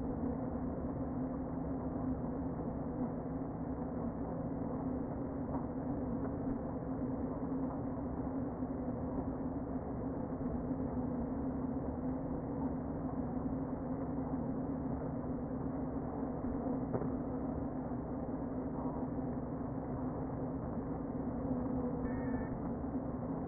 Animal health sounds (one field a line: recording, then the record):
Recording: honeybee colony, microphone inside the hive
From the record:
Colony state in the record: queen present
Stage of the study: before two queens were removed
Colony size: about 60,000 bees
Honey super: yes